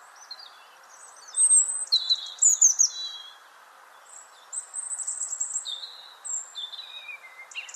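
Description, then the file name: European robin song: bright, high, tumbling phrases with squeaky notes and falling whistles, separated by short gaps; constant background hiss. "Erithacus rubecula"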